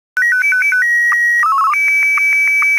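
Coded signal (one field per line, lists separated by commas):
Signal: SSTV (slow-scan television)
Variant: Martin 1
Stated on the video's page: SSTV images received from the ISS.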